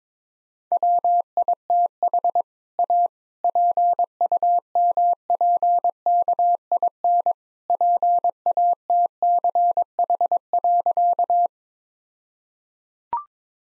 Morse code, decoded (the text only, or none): WITH A PUMPKIN PATCH.